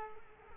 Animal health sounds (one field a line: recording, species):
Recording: mosquito wingbeat signal from an infrared sensor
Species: Culex quinquefasciatus